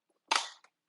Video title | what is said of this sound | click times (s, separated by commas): INKBIRD PLUS Vacuum Sealer- Review - Kitchen Science Cooks | so you should hear it click | 0.4 s